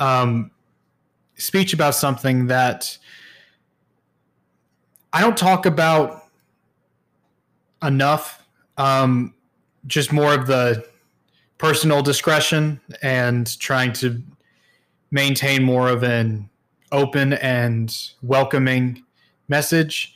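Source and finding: Adult male speaker. Stuttering.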